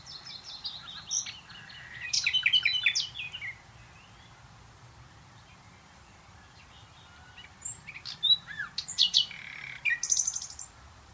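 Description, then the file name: Common nightingale song: two separate bursts of varied chirps and sharp notes, with a quiet gap between them over a soft background hiss. "Luscinia megarhynchos"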